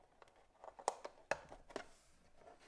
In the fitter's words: it clicks into place well and then no longer falls out.